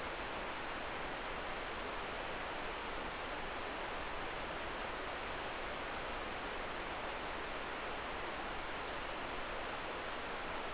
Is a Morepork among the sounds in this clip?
no